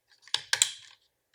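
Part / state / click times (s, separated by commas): plastic roller light guard onto camera film-back rollers / seated / 0.3 s, 0.5 s, 0.6 s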